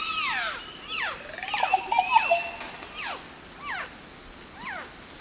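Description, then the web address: Green oropendola song and calls: overlapping liquid, gurgling notes sweeping down and up, then three shorter falling notes. Songs and calls of a group, recorded in the eastern lowlands of South America. "Natures Songs S America Eastern Lowlands. Psarocolius viridis, songs and calls group"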